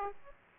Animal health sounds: mosquito wingbeat signal from an infrared sensor; Aedes aegypti

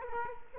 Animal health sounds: mosquito wingbeat signal from an infrared sensor; Culex quinquefasciatus

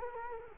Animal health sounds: mosquito wingbeat signal from an infrared sensor; Culex quinquefasciatus

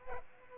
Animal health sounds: mosquito wingbeat signal from an infrared sensor; Culex pipiens

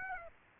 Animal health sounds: mosquito wingbeat signal from an infrared sensor; Aedes aegypti

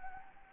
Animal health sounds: mosquito wingbeat signal from an infrared sensor; Anopheles gambiae

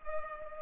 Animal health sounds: mosquito wingbeat signal from an infrared sensor; Culex pipiens

